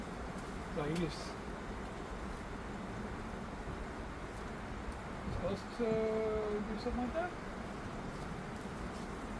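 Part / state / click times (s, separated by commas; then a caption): battery video doorbell unit or cover onto its mounting bracket / not seated / none. A Ring battery video doorbell unit, or its plastic cover, is handled on its wall mounting bracket while someone talks over a steady background hiss and a few brief tonal sounds near 6 seconds. Nothing has seated or snapped into place yet.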